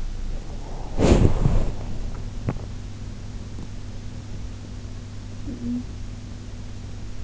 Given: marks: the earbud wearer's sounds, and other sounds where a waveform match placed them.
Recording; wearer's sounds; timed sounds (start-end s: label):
sounds in sleep by an in-ear microphone; body movement, swallowing
0.69-1.89 s: body movement
2.26-3.35 s: swallowing
3.46-6.43 s: sound from someone else or the room